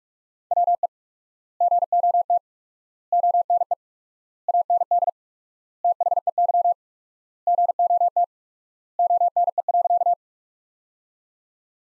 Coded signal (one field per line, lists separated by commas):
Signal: Morse code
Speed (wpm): 42 wpm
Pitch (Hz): 700 Hz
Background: none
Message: WE GOT ONE AND THEY GOT ONE.